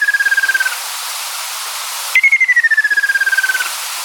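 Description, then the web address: Ruddy kingfisher: the tail of one trill, then a complete downward-sliding pulsed call, with continuous hiss throughout. "sikioto. akasyoubin"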